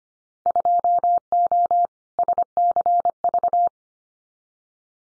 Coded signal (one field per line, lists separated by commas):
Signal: Morse code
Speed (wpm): 25 wpm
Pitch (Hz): 700 Hz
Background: none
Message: 2O SCV